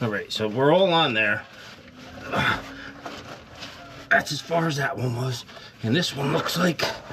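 A hydraulic hose is handled and pushed onto a fitting on a reinstalled PTO pump while someone talks, with a brief knock of handling noise around 3.1 s. The clip ends before the hose goes fully home, so nothing has seated or clicked yet.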